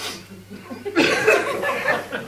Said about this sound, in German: Was? Was niest du denn dabei?